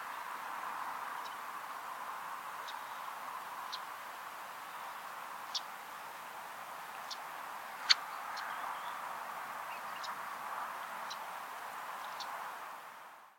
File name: Phalaropus lobatus - Red-necked Phalarope